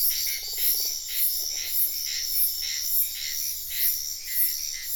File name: felix blume nature ambience wetland night frogs insects bird heron type sian ka an biosphere reserve